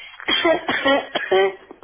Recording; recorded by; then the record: voluntary cough; telephone call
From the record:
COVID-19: positive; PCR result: checked with the laboratory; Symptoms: yes